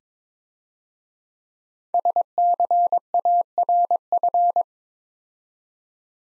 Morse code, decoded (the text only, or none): SCARF